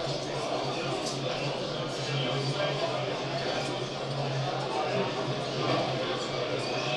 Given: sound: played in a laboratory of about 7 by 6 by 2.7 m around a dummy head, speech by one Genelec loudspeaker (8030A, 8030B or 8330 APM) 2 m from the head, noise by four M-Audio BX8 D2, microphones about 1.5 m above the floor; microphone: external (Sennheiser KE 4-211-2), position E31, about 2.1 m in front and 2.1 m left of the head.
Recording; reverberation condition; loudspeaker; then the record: cafeteria noise; medium; four, about 170 cm from the corners of the room and facing them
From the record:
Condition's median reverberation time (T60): about 510 ms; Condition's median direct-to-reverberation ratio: about -0.5 dB